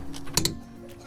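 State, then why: Torque reached. A click-type torque wrench set to 150 ft-lb checks a wheel lug nut that an impact wrench has tightened, giving two sharp clicks at 0.4 s and 0.5 s after a softer tick at about 0.2 s. The wrench clicks at its setting, confirming the lug nut is at 150 ft-lb.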